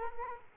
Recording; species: mosquito wingbeat signal from an infrared sensor; Culex quinquefasciatus